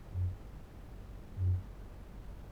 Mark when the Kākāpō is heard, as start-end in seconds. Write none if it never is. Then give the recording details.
0.00-2.52. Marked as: faintness 3/5. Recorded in New Zealand. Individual Barnard